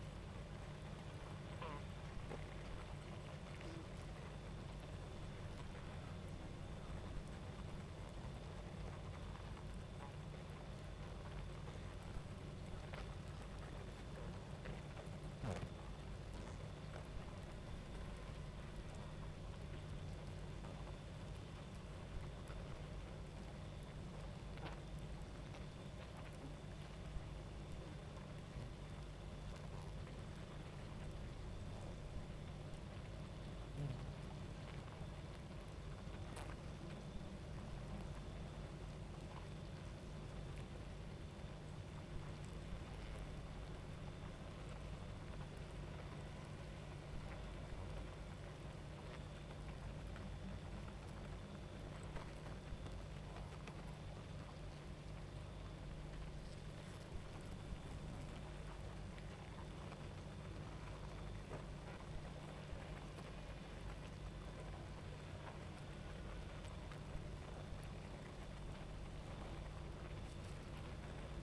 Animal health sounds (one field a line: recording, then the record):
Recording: honeybee colony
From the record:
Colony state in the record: active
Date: 28 July 2017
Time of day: 23:32